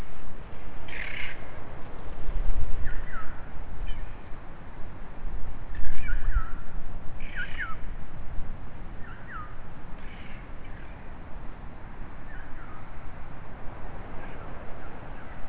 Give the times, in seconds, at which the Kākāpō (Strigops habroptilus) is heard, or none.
none